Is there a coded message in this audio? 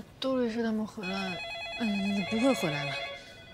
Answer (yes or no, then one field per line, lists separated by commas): no